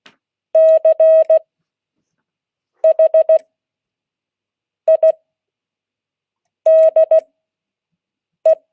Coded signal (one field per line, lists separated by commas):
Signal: Morse code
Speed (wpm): 16 wpm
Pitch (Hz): 640 Hz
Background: none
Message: CHIDE